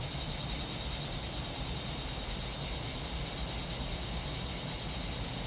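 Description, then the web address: Cicada buzzing, loud and shrill, swelling in at the start then pulsing evenly roughly three times per second throughout. "Nature Sounds – Nature Chill Out 2014. Sounds from a Rnewood Cicadas"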